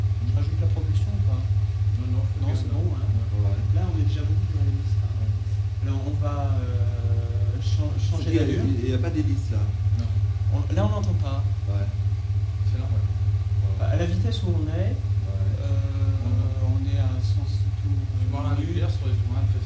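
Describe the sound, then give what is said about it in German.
Submarine turbines and electric motors run in a loud, steady, deep droning hum that never lets up, with the turbines switched back on after only the electric motors ran, while a man's voice talks intermittently over the machinery. “Jetzt wieder die Turbinen.”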